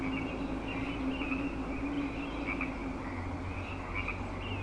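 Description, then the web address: Frogs croaking in a chorus of repeated short calls over a low rumble of background noise. Frog chorus at Grafton Lake, recorded 3 May 2009. "The Frog Chorus Tunes Up On Grafton Lake"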